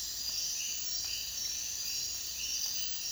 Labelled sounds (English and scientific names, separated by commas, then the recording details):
none
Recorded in dense forest near Puerto Asís, Putumayo, Colombia, on 22 June 2025 at 03:00
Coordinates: 0.466, -76.327
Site GP04